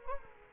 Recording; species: mosquito wingbeat signal from an infrared sensor; Culex quinquefasciatus